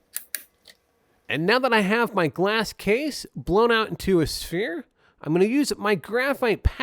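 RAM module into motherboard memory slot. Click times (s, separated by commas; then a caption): 0.2 s, 0.4 s. A memory module pressed down on both ends into a motherboard DIMM slot gives two sharp clicks at 0.2 s and 0.4 s as its plastic retention clips snap shut, followed by a faint tick at 0.7 s. The module is seated, and someone then talks for the rest of the clip.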